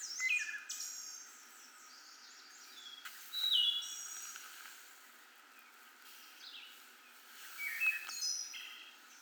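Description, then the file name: Wood thrush song: several flutelike phrases with high, rippling trilled endings, spaced a few seconds apart against faint background hiss. Eleven wood thrush songs. "Wood Thrush 11 songs"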